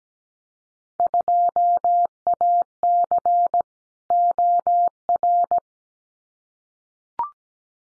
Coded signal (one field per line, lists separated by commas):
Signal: Morse code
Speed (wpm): 17 wpm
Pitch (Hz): 700 Hz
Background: none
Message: 2AC OR